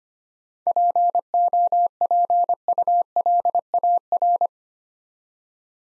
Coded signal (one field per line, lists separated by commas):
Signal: Morse code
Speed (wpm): 25 wpm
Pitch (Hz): 700 Hz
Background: none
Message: POPULAR